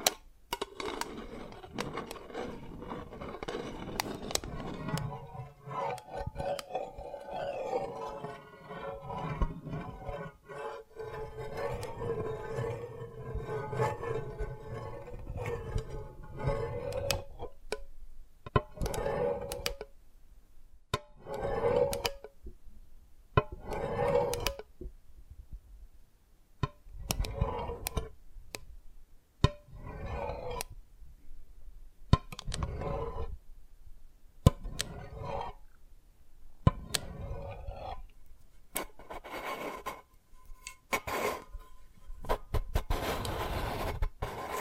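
Tapping and cracking on brittle dalgona candy, dense and continuous early, then sparse sharp taps and cracks separated by brief silences after eighteen seconds.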